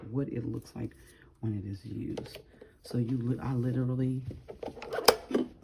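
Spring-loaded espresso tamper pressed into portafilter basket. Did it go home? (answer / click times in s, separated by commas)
yes / 5.1 s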